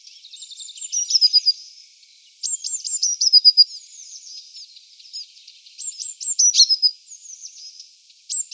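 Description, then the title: Eurasian blue tit repeating bright high phrases of sharp notes running into a rapid trill, several bursts throughout, softer chattering in the background. "Sylvain Jaskowiak - Mes piafs. Mésange bleue"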